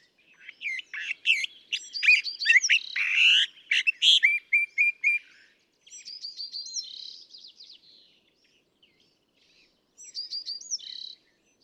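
California thrasher song: a dense burst of varied chirps, whistles and harsh notes, then quieter high slurred phrases after pauses, ending in silence.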